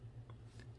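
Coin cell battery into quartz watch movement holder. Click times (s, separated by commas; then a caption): 0.3 s, 0.6 s. A coin cell battery, still good and so reused, is angled into the movement holder of a Tissot PRX quartz watch and pushed down until the retaining clip catches. Two faint clicks are heard at 0.3 s and 0.6 s over a steady low hum. The battery locks into place.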